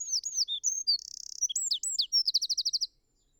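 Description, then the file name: Eurasian wren song, a fast jumble of high sweeping whistles, a short buzzy burst, then a rapid rattling trill ending abruptly after about three seconds. "Troglodytes troglodytes"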